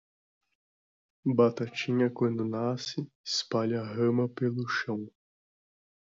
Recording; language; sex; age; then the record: short text; Brazilian Portuguese; male; 18 to 19 years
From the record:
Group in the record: control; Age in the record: 19 years